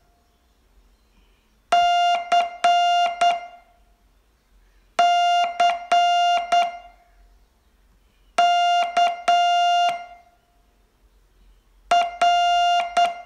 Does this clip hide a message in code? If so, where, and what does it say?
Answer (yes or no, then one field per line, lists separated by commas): yes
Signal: Morse code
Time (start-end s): 1.7-13.1 s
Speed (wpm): 8 wpm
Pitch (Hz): 700 Hz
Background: music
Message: CCK R